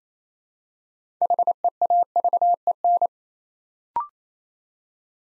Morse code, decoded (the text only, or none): HEAVEN